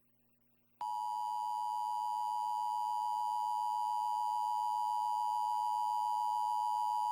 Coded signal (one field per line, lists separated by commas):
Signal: Emergency Alert System (SAME) tones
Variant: 853 and 960 Hz attention tone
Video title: Required Monthly/Weekly Test (EAS #46-47) 6/12/24 WXL51/WVKS